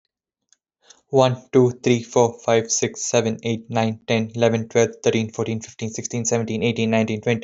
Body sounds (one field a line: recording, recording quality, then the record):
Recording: counting at a fast pace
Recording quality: excellent, no background noise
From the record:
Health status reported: healthy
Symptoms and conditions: none ticked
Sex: male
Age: 25 years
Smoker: not ticked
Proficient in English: yes